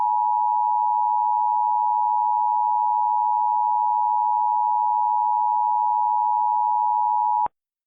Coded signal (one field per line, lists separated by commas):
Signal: Emergency Alert System (SAME) tones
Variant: 853 and 960 Hz attention tone